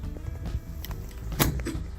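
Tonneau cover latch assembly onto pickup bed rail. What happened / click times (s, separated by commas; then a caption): The latch clamped onto the rail with a click / 1.4 s. A Pro X15 folding tonneau cover is set onto the bulkhead of a 2020 RAM Classic pickup, and its latch assembly clamps onto the bed rail. Against a low rumbling background with a few small ticks around 0.9 s and 1.6 s, the latch gives a sharp, loud click at 1.4 s. The cover is seated and secured to the rails.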